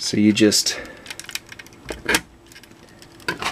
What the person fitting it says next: a nice little click and it is on there